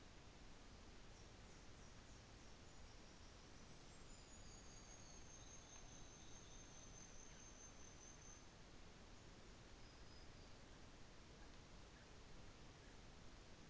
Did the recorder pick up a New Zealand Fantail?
yes